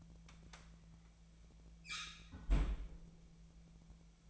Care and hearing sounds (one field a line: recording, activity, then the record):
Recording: daily activity, microphone in the room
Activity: close fridge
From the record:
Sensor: 1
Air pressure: 1009.8 hPa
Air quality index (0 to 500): 192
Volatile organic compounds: 18 ppm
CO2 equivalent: 2630 ppm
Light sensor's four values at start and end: 33/84/35/43 and 33/85/35/43